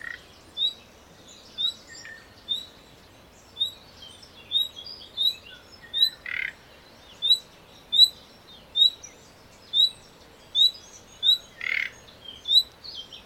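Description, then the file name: Common nightingale whistles repeated steadily throughout, with hoarse rasping croaks breaking in. "Luscinia megarhynchos"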